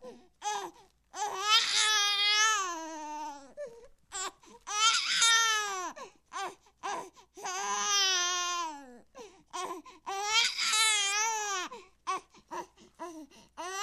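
A high-pitched, strongly voiced wailing cry of a newborn baby comes in long sustained bursts with rising and falling pitch, separated by short gasping inhalations, about three main cry bouts in fourteen seconds. It is an ordinary newborn cry.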